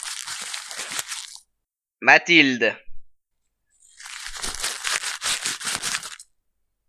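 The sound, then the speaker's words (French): A paper ballot is unfolded during a vote count, with two bursts of dry, crackling crinkles, broken by a short spoken word in between. The rustling is steady and fairly loud, then stops. “Deuxième papier.”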